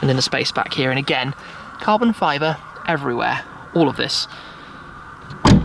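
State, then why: Seated. Someone talks about the rear luggage space of a Lexus LFA sports car with carbon fibre bodywork, then lowers the rear luggage hatch lid into its latch. It shuts with a single sharp click at 5.5 s, latching into place.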